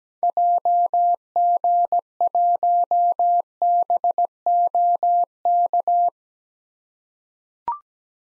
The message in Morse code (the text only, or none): JG1BOK